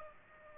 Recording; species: mosquito wingbeat signal from an infrared sensor; Aedes aegypti